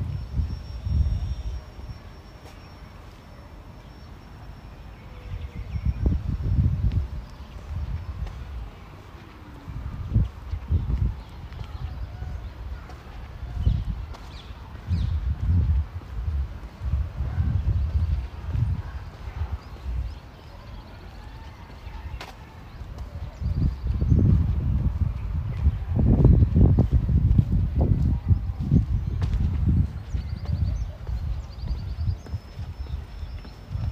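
Walking around Tel Aviv University in Ramat Aviv, footsteps thud low and irregular, bunching into louder stretches near 6, 15 to 18 and 24 to 30 seconds. A faint steady hum sits underneath, with occasional sharp ticks and a few murmured voices.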